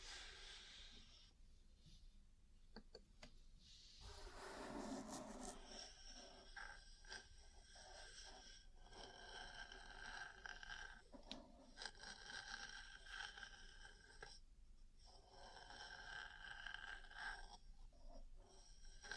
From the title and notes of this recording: ASMR 3Dio Mic Test Ear Cleaning, Massage, Cupping, Tapping (No Talking).